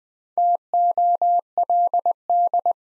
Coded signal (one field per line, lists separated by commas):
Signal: Morse code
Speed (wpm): 20 wpm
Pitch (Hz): 700 Hz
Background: none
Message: TOLD